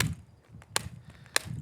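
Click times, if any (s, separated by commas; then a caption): 0.0 s, 0.8 s, 1.4 s. The cutting head of a Sun Joe telescoping pole saw is pivoted on its shaft after two white buttons are pinched, and its plastic or metal angle detent clicks at each step through its nine positions. Sharp clicks sound at 0.0, 0.8 and 1.4 seconds over a low rumble, with the head clicking into position each time.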